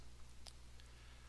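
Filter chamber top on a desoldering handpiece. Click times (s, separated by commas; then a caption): 0.5 s. The top of the filter chamber on an MX-DSI desoldering handpiece for an MX-5050 system is rotated back to the right until it locks closed. A sharp click at 0.5 s marks the lock, followed by a softer click at 0.8 s over a steady low hum. The top is locked in place.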